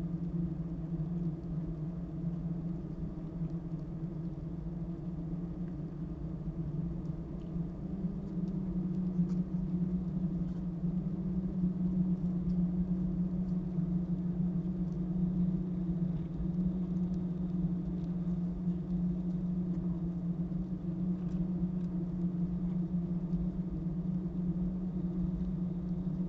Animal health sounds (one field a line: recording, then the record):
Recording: honeybee colony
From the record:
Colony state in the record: active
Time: day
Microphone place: top of hive